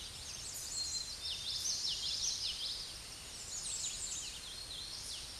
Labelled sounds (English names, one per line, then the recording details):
Common Yellowthroat song
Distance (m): 30 m
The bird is about 10 m above the microphone
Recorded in a Pennsylvania forest on 16 May 2024 at 08:17
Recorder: AudioMoth, point MSD-2304
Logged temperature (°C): 16.0 °C
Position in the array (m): 225 m, 186 m